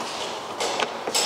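After the number plate lamp is refitted with T20 screws, the plastic tailgate trim panel of a Mercedes S204 C-Class Estate is handled as it is pushed back toward its clips. Scuffing plastic handling noises are heard, with a brief sharp knock at 0.8 s and a louder rustle near the end. The clip ends before the panel goes home, and nothing has seated or clicked yet.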